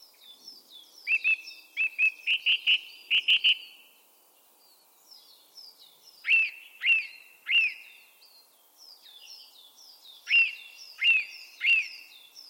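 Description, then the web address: Bird calls: a fast series of bright, clipped notes, then repeated groups of three loud arching calls, over a chorus of thin falling whistles. "Bird Only"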